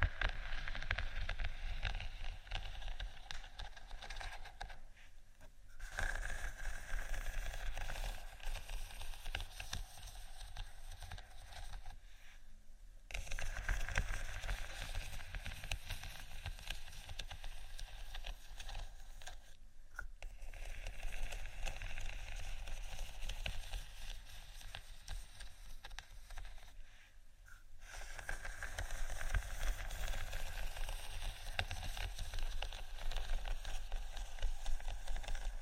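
Faux leather is scratched in a steady, dense, dry rasp that fills the whole clip with a bright, hissy grain. The sound breaks off briefly about every seven seconds, near 6, 13, 20 and 27 seconds, then resumes at a similar level.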